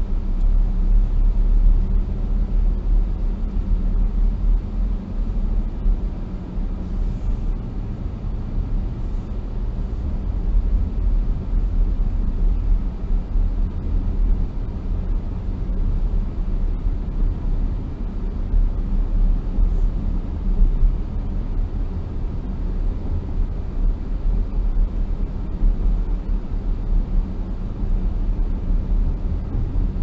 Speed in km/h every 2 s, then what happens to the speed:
27, 32, 37, 41, 42, 42, 44, 45, 47, 49, 49, 48, 48, 48, 50.
0-18 speeds up to 49. 18-30 steady at about 48.